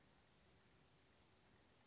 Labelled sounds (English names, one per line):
Oak Titmouse